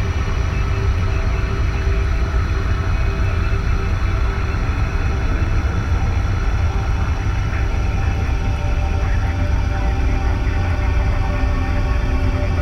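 An arctic vessel's engine idles in a steady, dense low rumble with faint tonal hums above, unchanging throughout the recording.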